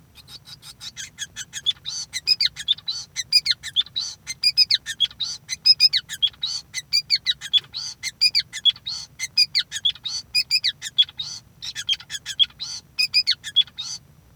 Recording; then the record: song of a male Bengalese finch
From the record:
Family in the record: son of father 5